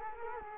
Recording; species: mosquito wingbeat signal from an infrared sensor; Culex quinquefasciatus